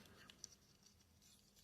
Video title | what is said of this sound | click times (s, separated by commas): Completely Overhated - Rambling about Transformers One Studio Starscream | you just really give it a good shove in and it clicks into place, no problem. | 0.4 s